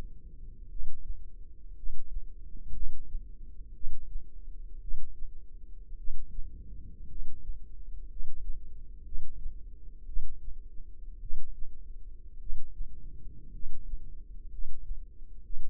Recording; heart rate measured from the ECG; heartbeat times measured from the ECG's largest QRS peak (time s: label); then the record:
heart sounds by microphone in the left ear; 57 bpm
0.67 s: heartbeat
1.73 s: heartbeat
2.71 s: heartbeat
3.72 s: heartbeat
4.79 s: heartbeat
5.95 s: heartbeat
7.06 s: heartbeat
8.07 s: heartbeat
9.02 s: heartbeat
10.04 s: heartbeat
11.19 s: heartbeat
12.37 s: heartbeat
13.50 s: heartbeat
14.48 s: heartbeat
15.41 s: heartbeat
From the record:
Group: healthy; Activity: rest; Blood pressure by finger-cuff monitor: 116/56 mmHg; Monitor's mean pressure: 76 mmHg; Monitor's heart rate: 56 bpm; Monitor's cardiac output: 5.7 L/min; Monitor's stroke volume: 102 mL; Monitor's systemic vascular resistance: 970 dyn s/cm5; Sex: male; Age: 25 years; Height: 170 cm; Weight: 70.4 kg